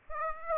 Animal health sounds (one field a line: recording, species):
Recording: mosquito wingbeat signal from an infrared sensor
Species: Aedes aegypti